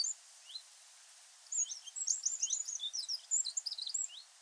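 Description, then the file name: Eurasian wren song: a few high upslurred notes, then a fast, loud, high-pitched trilling warble running for several seconds. "Troglodytes troglodytes"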